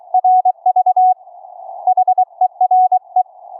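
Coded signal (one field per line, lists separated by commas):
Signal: Morse code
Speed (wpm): 21 wpm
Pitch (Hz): 740 Hz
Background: none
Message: RV HERE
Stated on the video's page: Live 40 m HF CW QSO keyed with iambic paddles through an experimental homebrew remote rig using audio over IP.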